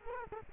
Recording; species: mosquito wingbeat signal from an infrared sensor; Culex quinquefasciatus